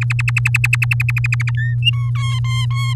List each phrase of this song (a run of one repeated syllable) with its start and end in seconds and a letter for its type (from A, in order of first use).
0.01-1.51 A, 1.57-1.75 B, 1.82-2.11 C, 2.15-2.94 D